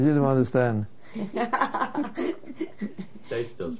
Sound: laughs

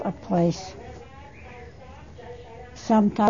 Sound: there is an announcement heard in the background

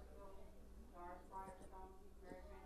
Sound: intercom voice in background of tape

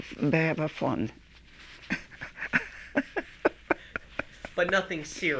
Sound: laughs

